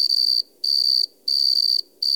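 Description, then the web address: Cricket chirping: a shrill, high, pure-toned trill in bursts of about half a second, with short silent gaps between them. "E-MU Producer Series Vol 3 – Hollywood Sound Effects Water Insects 1 CRICKET"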